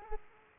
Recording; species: mosquito wingbeat signal from an infrared sensor; Aedes aegypti